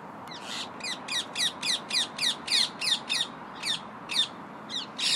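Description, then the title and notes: Parakeet squawks, a fast, harsh series of screechy calls about three per second for about five seconds. A flock of parakeets settling down for the night in Victoria Park in the evening. "A bunch of parakeets were settling down for the night in Victoria Park"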